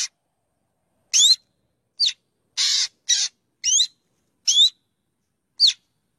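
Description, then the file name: Black drongo calls: sharp rising whistled sweeps and a few harsh buzzy notes, at irregular intervals of about one second. "Tieng chim Cheo Beo"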